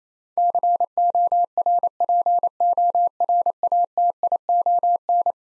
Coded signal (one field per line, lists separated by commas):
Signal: Morse code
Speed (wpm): 28 wpm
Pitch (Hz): 700 Hz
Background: none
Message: CORPORATION